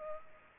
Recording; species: mosquito wingbeat signal from an infrared sensor; Culex pipiens